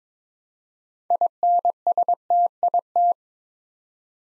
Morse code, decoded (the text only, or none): INSTIT